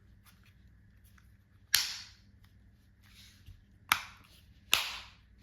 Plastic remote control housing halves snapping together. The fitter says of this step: Listen for those satisfying clicks. That means the seal is tight.